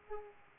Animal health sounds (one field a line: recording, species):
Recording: mosquito wingbeat signal from an infrared sensor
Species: Aedes aegypti